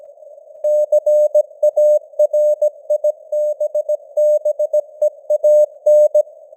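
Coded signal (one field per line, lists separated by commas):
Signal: Morse code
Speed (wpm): 17 wpm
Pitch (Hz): 600 Hz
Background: none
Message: CARIBBEAN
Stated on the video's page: News headlines in Morse at 17 wpm with simulated radio noise and varying signal strength (QSB).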